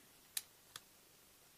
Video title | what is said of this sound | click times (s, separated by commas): Wesley Stratocaster copy set up | Oh, it locks in place, I see. | 0.4 s